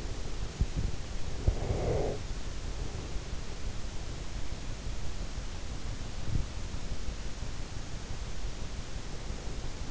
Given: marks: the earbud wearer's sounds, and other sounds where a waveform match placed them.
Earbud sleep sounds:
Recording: sounds in sleep by an in-ear microphone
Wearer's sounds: breath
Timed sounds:
0.00-3.31 s: breath

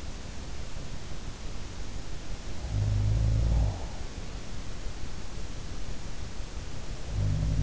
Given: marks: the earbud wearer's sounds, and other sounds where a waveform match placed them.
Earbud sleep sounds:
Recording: sounds in sleep by an in-ear microphone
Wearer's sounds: breath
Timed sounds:
2.53-4.27 s: sound from someone else or the room
3.16-4.27 s: breath

